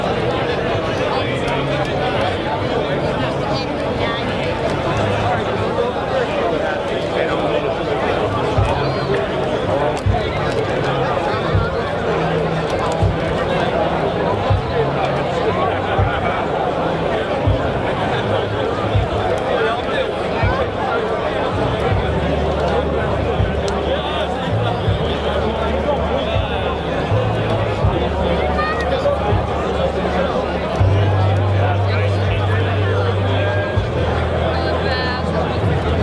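A farmers' tractor protest fills the air with a dense, steady wall of sound: deep engine rumbling whose pitch shifts in steps as machines idle and rev. Voices and crowd chatter run throughout, with constant level and no pauses.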